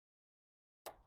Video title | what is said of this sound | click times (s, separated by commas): BMW Intake Manifold Install - M54 M52 M52tu - Z3 E36 E46 + More | and now that's clicked into place now we got to get those oxygen sensors slip back in | 0.9 s